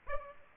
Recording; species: mosquito wingbeat signal from an infrared sensor; Aedes aegypti